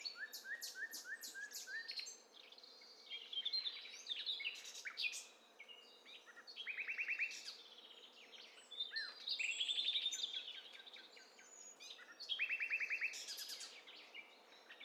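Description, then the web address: Several birds singing at once: rapid repeated chirps, buzzy trills and high whistled phrases overlapping throughout, louder bursts around the middle and end. Overlapping mix of several birds, in stereo, from a bird cocktail party challenge test set. "Hi Fi STEREO BIRD COCKTAIL PARTY Challenge SBCP TESTSET HDBird Cocktail Party"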